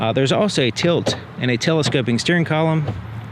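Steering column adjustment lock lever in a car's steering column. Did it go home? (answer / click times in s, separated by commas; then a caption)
no / none. Someone talks while handling the plastic and metal lock lever of the tilt and telescoping steering column in a 2024 Hyundai Kona N Line. Only the voice is heard; the lever has not locked or clicked yet.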